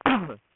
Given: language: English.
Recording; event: throat vibration sensor signal played as sound; cough